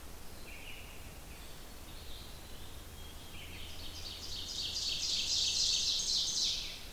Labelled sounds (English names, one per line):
Ovenbird song